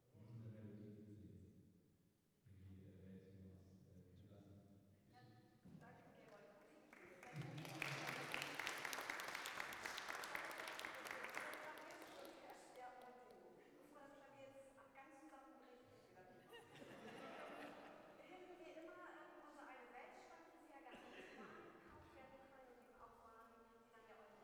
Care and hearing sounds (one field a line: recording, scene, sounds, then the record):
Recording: everyday scene through a hearing-aid microphone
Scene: reverberant space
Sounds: speech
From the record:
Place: church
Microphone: behind the ear, right, rear